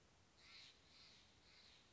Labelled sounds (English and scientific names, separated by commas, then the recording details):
Steller's Jay (Cyanocitta stelleri)
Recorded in Sonoma County, California